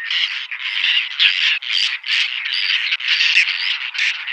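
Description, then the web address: Whiskered tern giving harsh, rasping calls almost without pause throughout. "Schulze Peter Whiskered Tern"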